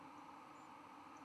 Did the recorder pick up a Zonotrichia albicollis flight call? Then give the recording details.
no. No flight call is heard. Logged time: 11:21 on 11 November 2014